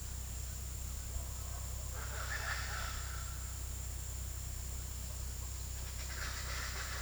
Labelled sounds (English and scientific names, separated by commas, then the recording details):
Speckled Chachalaca (Ortalis guttata)
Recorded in pastures near Puerto Asís, Putumayo, Colombia, on 20 February 2024 at 14:30
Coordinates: 0.486, -76.323
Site G6462